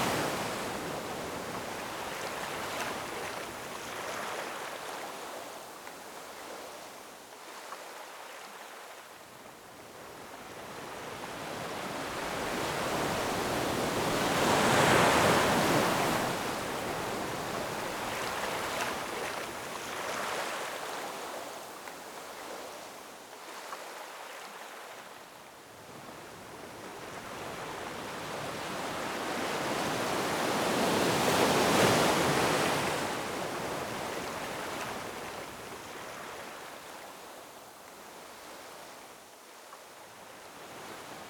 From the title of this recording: Gentle Ocean Surf